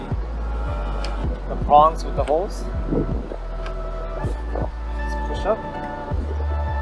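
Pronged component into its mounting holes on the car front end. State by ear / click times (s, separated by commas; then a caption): not seated / none. Someone talks while handling a pronged part, lining its prongs up with the mounting holes on a car's front end so it can be pushed in. Low thumps and handling noises are heard, with brief knocks near 1.1 and 4.6 seconds. Nothing has seated or clicked yet.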